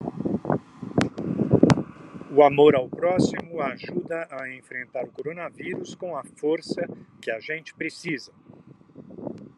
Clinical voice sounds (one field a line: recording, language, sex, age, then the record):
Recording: spoken sentence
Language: Brazilian Portuguese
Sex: male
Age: 70 to 79 years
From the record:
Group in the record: control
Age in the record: 71 years